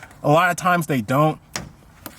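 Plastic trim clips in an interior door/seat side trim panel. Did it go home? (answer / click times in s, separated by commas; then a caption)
released / 1.6 s, 2.1 s. Someone talks while plastic retaining clips are pried out of an interior door/seat side trim panel of a BMW E90 with a trim removal tool, so they can be moved to the new Fox Red interior panel. Each clip releases with a sharp pop, at 1.6 s and 2.1 s.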